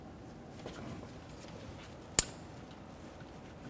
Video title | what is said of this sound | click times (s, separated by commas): How to Replace Oil Pressure Sender 2001-2005 Ford Explorer Sport Trac | ahead and slide it onto the sensor make sure you listen for a click | 2.2 s